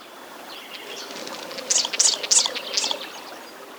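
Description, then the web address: Subtropical doradito calls: four quick, high, thin bursts close together, set against a rushing, stream-like background noise. Ecuador. "Birds of Ecuador 3-01 Subtropical Doradito"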